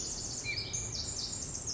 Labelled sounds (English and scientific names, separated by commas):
Pacific Wren (Troglodytes pacificus)